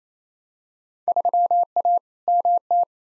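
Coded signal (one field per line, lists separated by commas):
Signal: Morse code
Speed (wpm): 28 wpm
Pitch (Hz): 700 Hz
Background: none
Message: 3A MT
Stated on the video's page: Head-copy drill of Field Day contest exchanges at 28 wpm, sent in Morse, spoken, then sent again; exchanges weighted roughly by 2019 participation.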